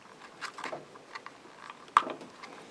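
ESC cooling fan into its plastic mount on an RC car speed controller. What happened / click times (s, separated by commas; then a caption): The small fan snapped into its plastic mount / 2.0 s. A small cooling fan is pushed into its plastic holder on the speed controller (ESC) of a Traxxas Rustler 4x4 VXL / Slash 4x4 VXL RC car, installed as an overheating fix. Soft taps and rustles of handling lead up to a single sharp, loud snap at 2.0 s. The fan is seated in its mount.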